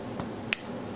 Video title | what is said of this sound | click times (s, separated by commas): Logitech Ultrathin Keyboard Cover for iPad | keyboard case and then insert your iPad into the little Groove now it makes a clicking sound | 0.5 s